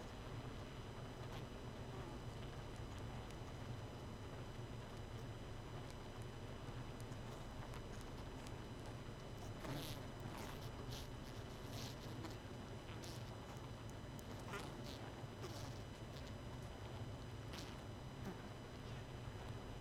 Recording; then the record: honeybee colony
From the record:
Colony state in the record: missing queen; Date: 31 May 2018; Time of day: 21:56